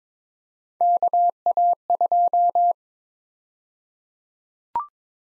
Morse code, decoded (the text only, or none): KA2